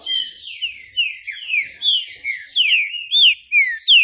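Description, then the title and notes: Green-winged saltator song: rapid run of bright, slurred whistled notes, mostly falling, about three per second, rich and clear with no other sounds. Classic song (canto clássico) style, for training. "Canto Clássico Trinca Ferro TREINAMENTO. trinca fero"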